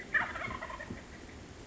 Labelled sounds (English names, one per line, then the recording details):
Wild Turkey
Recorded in Sonoma County, California